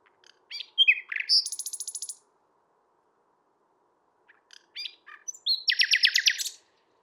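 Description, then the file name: Common nightingale song: two phrases, each starting with scattered chirps and whistles and ending in a quick trill of repeated notes. "Luscinia megarhynchos"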